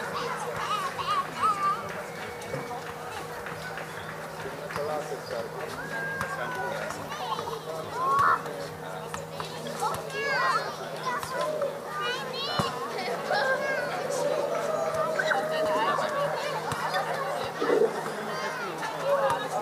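A summer evening in Berlin, filled with a steady murmur of many voices talking at once. Individual words and brief exclamations surface now and then over the babble, with a constant low hum underneath and a few sharper clatters scattered throughout.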